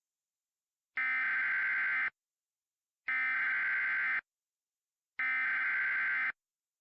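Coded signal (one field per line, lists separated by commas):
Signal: Emergency Alert System (SAME) tones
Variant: header bursts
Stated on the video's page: Fictional Lake Michigan tsunami scenario using valid EAS tones.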